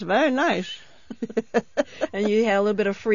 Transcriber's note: she laughs